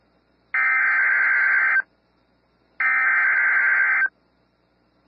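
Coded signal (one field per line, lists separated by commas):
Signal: Emergency Alert System (SAME) tones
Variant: header bursts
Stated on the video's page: Real Severe Thunderstorm Warning for Texas carrying valid EAS tones.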